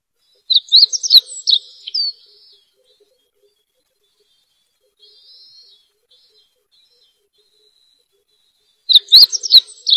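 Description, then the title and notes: Bird song in two lively bursts of bright, rapid chirps at start and end, with a soft warble in between and quiet otherwise. Recorded while walking through the recordist's own family orchard, in a quiet setting away from the city. "行走在果园聆清脆鸟鸣实录. 行走在我家果园间，我发现这安静中的鸟鸣声非常难得听到"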